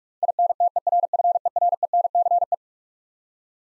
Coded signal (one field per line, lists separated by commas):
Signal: Morse code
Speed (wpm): 46 wpm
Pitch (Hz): 700 Hz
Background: none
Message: INTERFERENCE